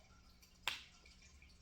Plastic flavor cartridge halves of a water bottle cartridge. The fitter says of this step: It's snapped back in, which means those 2 pieces are snapped.